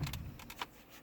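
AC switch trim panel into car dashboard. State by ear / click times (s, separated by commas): not seated / none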